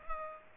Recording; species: mosquito wingbeat signal from an infrared sensor; Culex pipiens